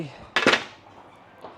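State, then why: Torque reached. A torque wrench tightens the piston nut on a hydraulic cylinder rod until it clicks at its setting at 0.4 seconds, a sharp metallic snap followed by a brief ringing tail. Someone talks just before the click, and a fainter tap follows near 1.4 seconds.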